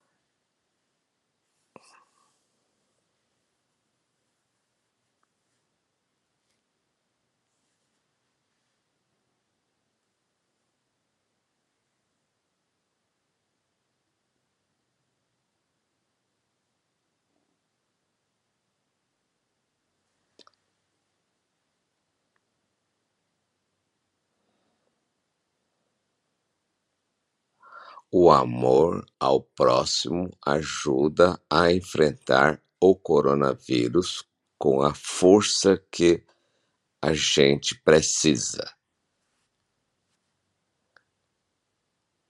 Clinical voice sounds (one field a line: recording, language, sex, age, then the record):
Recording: spoken sentence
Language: Brazilian Portuguese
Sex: male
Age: 60 to 69 years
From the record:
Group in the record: control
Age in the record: 65 years